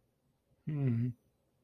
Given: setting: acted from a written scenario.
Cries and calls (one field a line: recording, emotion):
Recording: vocal sound without words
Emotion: guilt